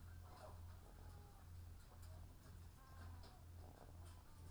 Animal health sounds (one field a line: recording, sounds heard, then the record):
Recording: poultry house recording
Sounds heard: sick chickens (respiratory disease)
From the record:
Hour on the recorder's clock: 18